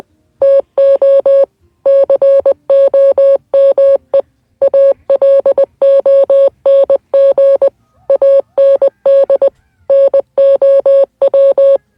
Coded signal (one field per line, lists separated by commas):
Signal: Morse code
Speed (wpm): 20 wpm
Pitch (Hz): 550 Hz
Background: none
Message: TO COME ALONG AND NOW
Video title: Morse code